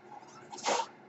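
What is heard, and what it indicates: A brief breathy hiss, about a quarter second long, from a person's own home mechanical ventilator delivering a breath.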